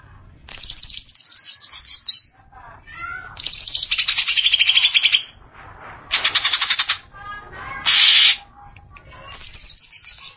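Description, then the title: Greater green leafbird pouring out rasping, rattling bursts mixed with brief whistled notes, with quiet gaps between phrases. "Cucak ijo"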